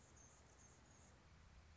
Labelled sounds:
Anna's Hummingbird (Calypte anna)
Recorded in Sonoma County, California

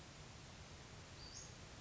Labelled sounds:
Western Flycatcher (Empidonax difficilis)
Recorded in Sonoma County, California

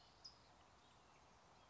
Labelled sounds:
California Towhee (Melozone crissalis)
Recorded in Sonoma County, California

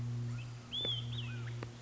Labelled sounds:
Olive-sided Flycatcher (Contopus cooperi)
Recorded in Sonoma County, California

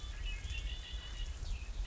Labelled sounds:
Red-winged Blackbird (Agelaius phoeniceus)
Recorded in Sonoma County, California

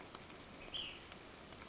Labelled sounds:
Ash-throated Flycatcher (Myiarchus cinerascens)
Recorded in Sonoma County, California

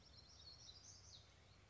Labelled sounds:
Black-throated Gray Warbler (Setophaga nigrescens)
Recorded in Sonoma County, California

